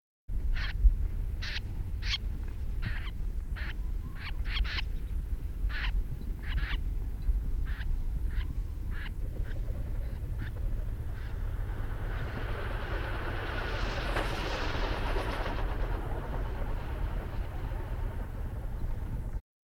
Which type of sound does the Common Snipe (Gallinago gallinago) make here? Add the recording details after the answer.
call. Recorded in the wild. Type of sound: call. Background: Anas spec. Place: DE. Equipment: Nagra III BH, Sennheiser MD 21, parabola. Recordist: Schubert, Michael. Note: Bekassinen "ätsch-Ruf", Entenschoof überfliegt tief